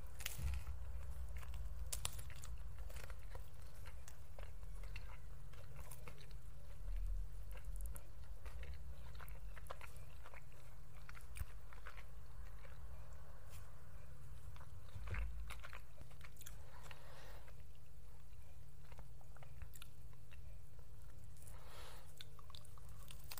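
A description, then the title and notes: A person eating, with a steady run of small crunches, clicks and wet chewing sounds coming every fraction of a second for the whole stretch. A low constant rumble sits underneath, and a few louder thumps stand out near the start and around fifteen seconds. A PERSON EATING.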